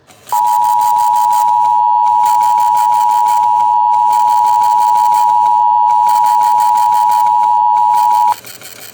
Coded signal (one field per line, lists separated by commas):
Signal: Emergency Alert System (SAME) tones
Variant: 853 and 960 Hz attention tone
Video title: Civil Emergency Message for a Blue Alert TFT 911 EAS Endec Relay